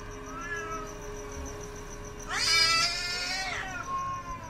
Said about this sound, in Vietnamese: Bỗng nhiên đâu đây văng vẳng lên tiếng con mèo nó kêu, khiến cho mụ Hai giật mình choàng tỉnh.